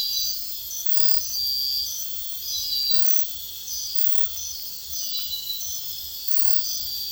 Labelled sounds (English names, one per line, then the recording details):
none
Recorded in secondary vegetation near Puerto Asís, Putumayo, Colombia, on 9 March 2025 at 04:00
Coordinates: 0.498, -76.327
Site G001